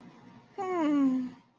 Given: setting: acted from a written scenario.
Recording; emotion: vocal sound without words; serenity